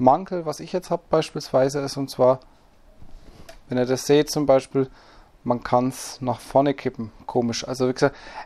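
Someone talks while tilting the folding flip-up front sight on the rail of an A&K SR-25 S-AEG airsoft replica forward, and only a faint knock is heard at about 3.5 s. The sight does not lock into place, so nothing has seated or clicked, and the straight position has to be found by hand.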